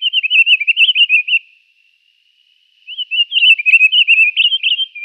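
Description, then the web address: Pine Grosbeak song: a sweet, whistled warble of quick rising and falling notes, a pause of over a second, then a second warbling phrase. "Schulze Peter Pine Grosbeak"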